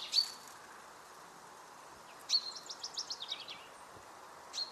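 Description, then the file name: Common chaffinch giving a sharp high call note, then another followed by a quick series of short descending notes, and a final call note, over steady hiss. "Fringilla coelebs"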